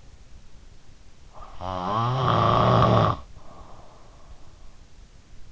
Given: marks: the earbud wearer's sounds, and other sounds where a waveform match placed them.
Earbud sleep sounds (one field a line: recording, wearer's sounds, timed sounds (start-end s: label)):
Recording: sounds in sleep by an in-ear microphone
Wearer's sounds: snoring breath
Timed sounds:
1.34-4.27 s: snoring breath